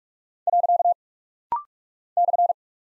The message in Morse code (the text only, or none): . /